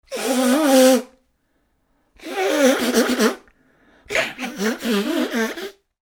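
Three loud, drawn-out voiced sneezes, each lasting one to one and a half seconds and spaced roughly two seconds apart, with a wavering, almost sung tone and quiet pauses between them.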